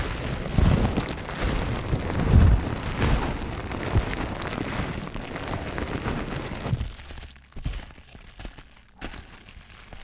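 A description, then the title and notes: Plastic and bubble wrap crinkle in a dense, continuous rustle of fine crackles for the first seven seconds, with a few soft low bumps near the start and around two and four seconds. Then the handling thins out into sparse, separate crackles. Crinkle sounds (plastic, bubble wrap, no talking).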